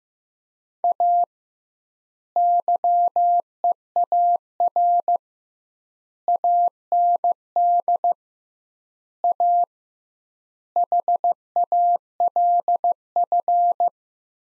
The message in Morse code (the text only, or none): A YEAR AND A HALF